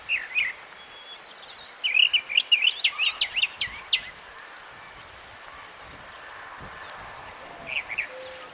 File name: Northern-Mockingbird-Mimus-polyglottos Goltz